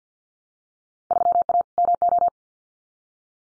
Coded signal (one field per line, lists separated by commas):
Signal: Morse code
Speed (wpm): 50 wpm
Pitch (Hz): 700 Hz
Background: none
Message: 3A MO